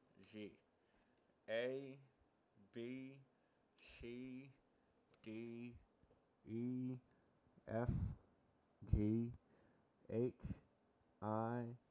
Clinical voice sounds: letters of the alphabet, spoken; constrained by a bite bar between the teeth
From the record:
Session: first day, right after the free take

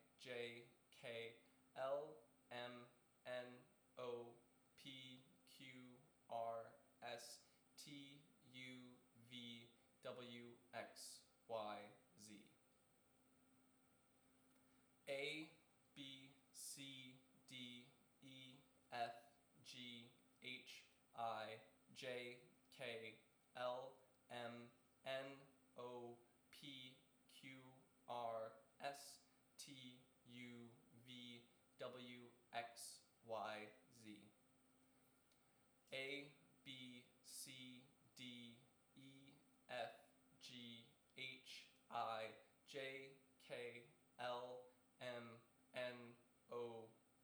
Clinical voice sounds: letters of the alphabet, spoken; free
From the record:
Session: seven days later

